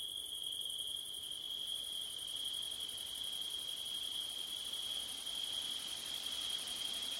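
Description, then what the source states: Crickets keep up a continuous shrill trill, with a pulsing hiss layered higher up. Crickets recorded on a September night with wind, using a Blumlein stereo microphone pair.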